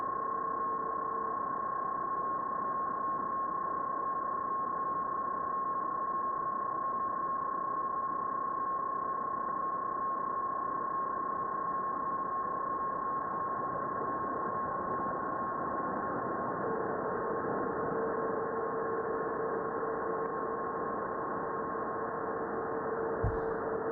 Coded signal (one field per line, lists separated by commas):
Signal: PSK31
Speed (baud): 31.25 baud